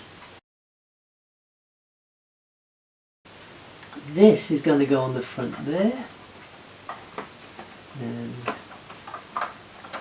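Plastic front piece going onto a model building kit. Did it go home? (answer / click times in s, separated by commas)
no / none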